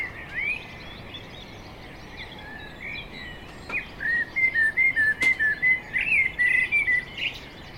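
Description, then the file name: Common blackbird song, a few fluty notes early, then a run of evenly spaced whistled notes, with a brief sharp click partway through. "Turdus merula"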